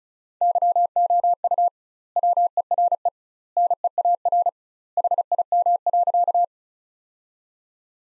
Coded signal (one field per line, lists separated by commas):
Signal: Morse code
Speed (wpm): 34 wpm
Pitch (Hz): 700 Hz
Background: none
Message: YOU WERE NEAR HIM.